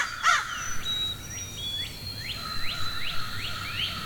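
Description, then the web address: Crow giving one loud harsh caw at the start, then a rhythmic series of quick falling chirps. Forest ambience with crows and other birds chirping. "Wav Junction Sound Effects - Ambience Forest Crows Birds Chirping"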